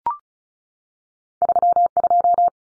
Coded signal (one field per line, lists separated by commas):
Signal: Morse code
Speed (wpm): 34 wpm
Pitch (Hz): 700 Hz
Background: none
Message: 32